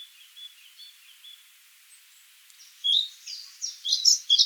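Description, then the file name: Eurasian blackcap singing, with faint thin whistles at first, then loud, bright warbled bursts of high notes toward the end. "Sylvia atricapilla"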